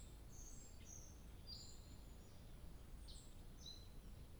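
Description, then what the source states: Sparse high-pitched bird chirps and short sweeping calls over a continuous low background hum. 2 July 2023.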